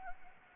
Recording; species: mosquito wingbeat signal from an infrared sensor; Anopheles gambiae